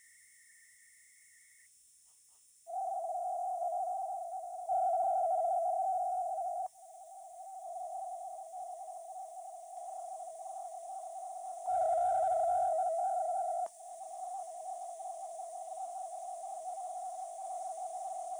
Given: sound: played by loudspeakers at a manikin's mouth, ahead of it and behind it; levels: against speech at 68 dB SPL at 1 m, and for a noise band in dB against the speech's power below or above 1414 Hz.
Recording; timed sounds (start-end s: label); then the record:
test signals for a remote microphone
0.00-1.66 s: noise band at 2000 Hz, -10 dB
2.66-4.66 s: noise band at 707 Hz, -13 dB
4.66-6.66 s: noise band at 707 Hz, +22 dB
6.66-11.66 s: noise band at 707 Hz, -13 dB
11.66-13.66 s: noise band at 707 Hz, +22 dB
13.66-18.40 s: noise band at 707 Hz, -13 dB
From the record:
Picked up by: remote microphone C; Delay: 23 ms